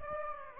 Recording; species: mosquito wingbeat signal from an infrared sensor; Aedes aegypti